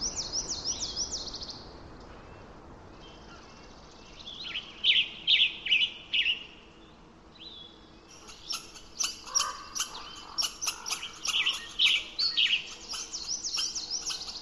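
Birds sing in bright repeated chirping phrases over a steady low rumble, the calls growing busier and more overlapping after the eighth second.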